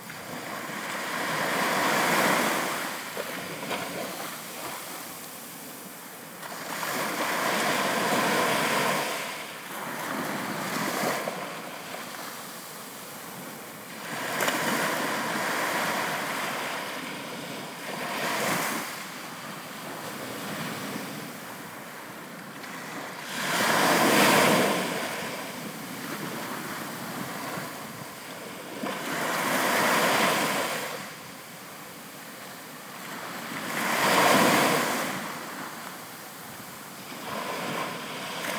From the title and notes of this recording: Shoreline Sounds at Akumal by Michael Boezi.